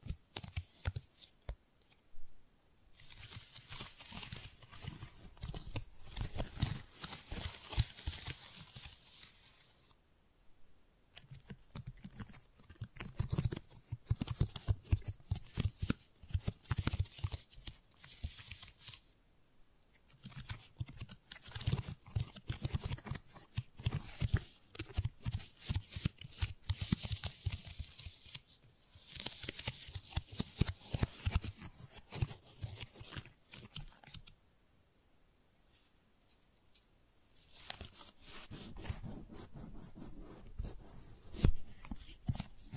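Tingly flower sounds: dense crisp crinkling and rustling in bursts, broken by short quiet pauses near 3, 11, 20 and 35 seconds.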